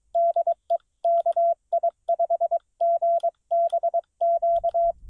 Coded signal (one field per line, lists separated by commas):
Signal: Morse code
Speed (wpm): 23 wpm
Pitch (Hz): 680 Hz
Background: none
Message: DE KI5GBQ